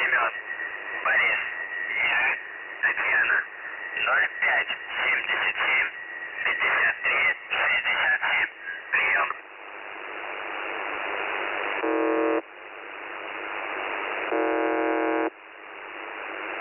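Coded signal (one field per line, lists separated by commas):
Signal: numbers station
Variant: UVB-76, Russian voice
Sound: muffled radio voice reading a short message, then static and two harsh buzzes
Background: radio static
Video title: The Buzzer/UVB-76 Voice Message (December 1, 2020 10:47 UTC)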